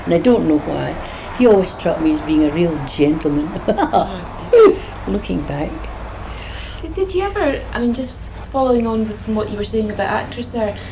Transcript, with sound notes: And I don't know why. He always struck me as being a real gentleman. [laughs]
Right.
Looking back.
Did you ever, I mean just following on from what you were saying about actors there.